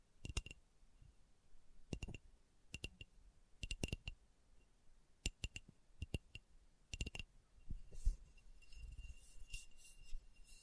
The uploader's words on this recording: ASMR Slow Tapping for Deep Sleep (No Talking).